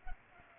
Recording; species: mosquito wingbeat signal from an infrared sensor; Culex pipiens